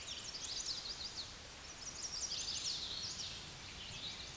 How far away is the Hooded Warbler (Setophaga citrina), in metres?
about 65 m